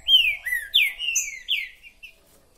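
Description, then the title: Green-winged saltator song: loud slurred whistled phrases in quick succession, fading out at the end. Chirping, singing and territorial calls in a contest between two birds, used to warm up a bird for competition. "Macheando na DISPUTA|Diplomata vs Águia"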